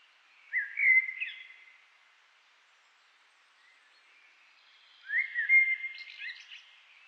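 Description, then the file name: Common blackbird song: two mellow fluted phrases, each low and warbling then ending in a thin, higher twitter, separated by about three seconds of quiet. "Turdus merula"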